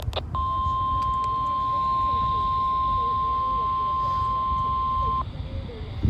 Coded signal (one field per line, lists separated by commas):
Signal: Emergency Alert System (SAME) tones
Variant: 1050 Hz attention tone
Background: speech